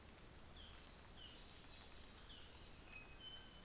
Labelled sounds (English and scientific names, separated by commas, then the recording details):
North Island Saddleback (Philesturnus rufusater)
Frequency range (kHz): North Island Saddleback (Philesturnus rufusater) 2.4-4.2 kHz
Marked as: faintness 4/5
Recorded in New Zealand on 24 December 2018
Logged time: 09:00